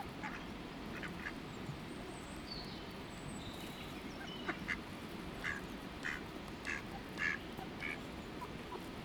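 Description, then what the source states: Duck quacks, soft at first and then a clearer series of short calls in the second half, over constant low rumbling noise. Ducks being fed; one duck getting her way.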